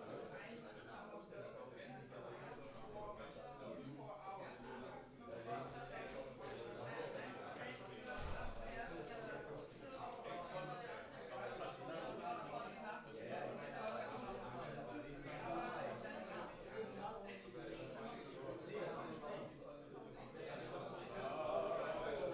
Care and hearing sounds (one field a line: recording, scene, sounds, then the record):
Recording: everyday scene through a hearing-aid microphone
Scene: many people talking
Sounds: many voices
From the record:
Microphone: behind the ear, left, rear